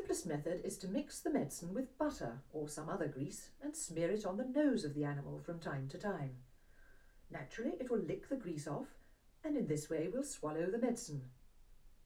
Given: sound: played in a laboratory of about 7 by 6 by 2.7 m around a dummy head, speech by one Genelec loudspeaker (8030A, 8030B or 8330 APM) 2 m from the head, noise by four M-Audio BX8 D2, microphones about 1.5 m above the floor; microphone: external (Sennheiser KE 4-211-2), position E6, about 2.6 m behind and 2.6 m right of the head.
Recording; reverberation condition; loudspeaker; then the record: female speech in English; low; 60 degrees to the left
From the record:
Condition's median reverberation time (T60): about 310 ms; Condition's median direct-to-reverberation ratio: about 3.5 dB